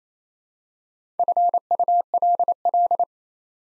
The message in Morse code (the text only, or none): FULL